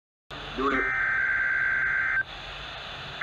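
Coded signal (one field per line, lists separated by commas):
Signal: Emergency Alert System (SAME) tones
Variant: header bursts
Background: speech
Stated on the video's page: NOAA Weather Radio Required Weekly Tests.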